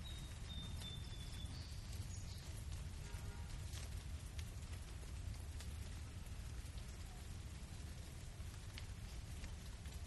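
Steady rain over a dense low rumble, with scattered drips throughout and a faint high bird-like whistle in the first two seconds.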